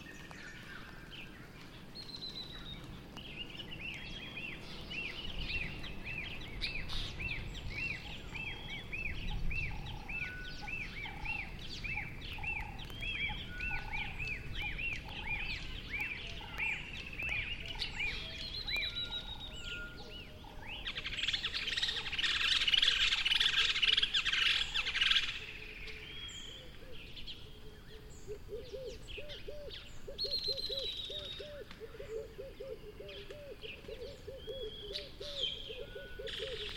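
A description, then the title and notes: A dense dawn chorus of many birds calling over low background rumble, with a bright burst of rapid chirping near twenty seconds and repeated low hoots later. Southern African dawn - morning chorus after a brief downpour. A small collection of dawn recordings made in South Africa during Sonic Mmabolela, November 2016. Savannah environment of Mmabolela Reserve, Limpopo, South Africa. Recorded with 2x Sennheiser MKH8020 in a custom SASS enclosure onto a Zoom F8 recorder.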